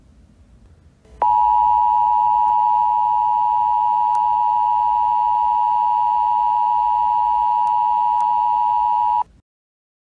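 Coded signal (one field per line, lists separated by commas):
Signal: Emergency Alert System (SAME) tones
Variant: 853 and 960 Hz attention tone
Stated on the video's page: Unofficial fan-made EAS-style alert for the 2022 Lismore floods.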